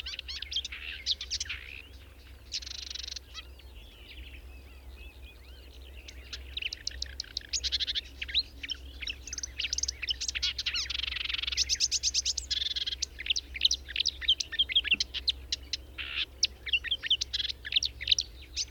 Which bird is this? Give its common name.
Marsh Warbler